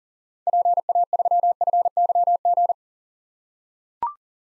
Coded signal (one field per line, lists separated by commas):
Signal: Morse code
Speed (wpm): 40 wpm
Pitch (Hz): 700 Hz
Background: none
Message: PA3FYG